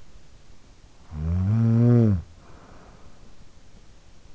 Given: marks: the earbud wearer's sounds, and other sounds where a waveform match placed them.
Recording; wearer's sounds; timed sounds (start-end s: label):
sounds in sleep by an in-ear microphone; snoring breath
0.54-3.47 s: snoring breath